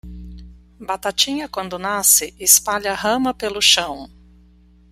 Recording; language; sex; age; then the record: short text; Brazilian Portuguese; female; 40 to 49 years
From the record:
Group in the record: control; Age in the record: 44 years